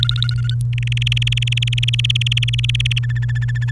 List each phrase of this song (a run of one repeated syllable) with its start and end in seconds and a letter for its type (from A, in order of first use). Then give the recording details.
0.00-0.55 A, 0.73-2.99 B, 3.03-3.71 C. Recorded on 29 April 2018 at 11:02. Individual llb3